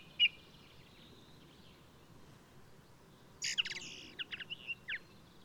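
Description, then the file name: Ring ouzel: one clear piping note, a long quiet pause, then a rapid scratchy burst followed by several short fluty notes, against low steady noise. Singing male of the alpine subspecies alpestris, recorded 22 May 2018 at Důl Bílého Labe in the Krkonoše mountains, Czech Republic. "180522 BIO rouz-alpestris-1-M-S cz dul-bileho-labe"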